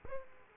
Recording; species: mosquito wingbeat signal from an infrared sensor; Aedes aegypti